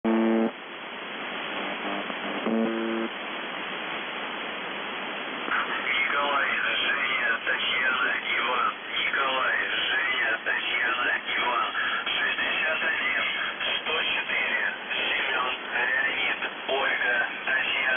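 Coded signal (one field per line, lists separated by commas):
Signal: numbers station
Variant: UVB-76 (The Buzzer)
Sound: two short buzzes, then a distorted voice speaking through heavy radio noise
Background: radio static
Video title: The Buzzer/UVB-76(4625Khz) May 3, 2021 13:04UTC Voice message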